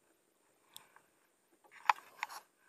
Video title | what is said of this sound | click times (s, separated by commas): Part1 ul ep:9 umay sa lapu, first cast strike agad -- ultralight fishing Philippines - Narra Palawan | putar nag-lock na naman tapos | 1.9 s